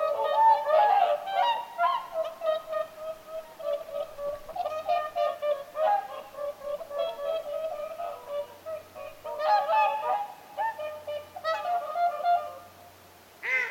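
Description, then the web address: Whooper swans bugling, a long run of overlapping honks from several birds, quieter near the end. Whooper swans vocalizing at Lintulahti, 6 November 2025. "paivat 6 11 2025 laulujoutsenten aantelya lintulahdella"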